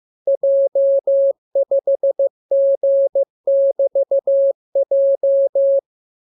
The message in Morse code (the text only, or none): J5G<BT>J